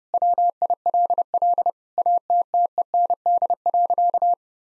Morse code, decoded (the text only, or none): WILL ATTEND.